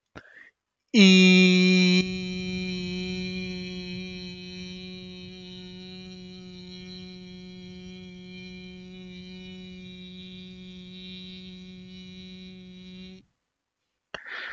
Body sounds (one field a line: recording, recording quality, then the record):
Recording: sustained vowel as in beet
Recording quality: excellent, no background noise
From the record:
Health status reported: healthy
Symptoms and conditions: none ticked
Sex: male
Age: 25 years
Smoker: not ticked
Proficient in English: yes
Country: India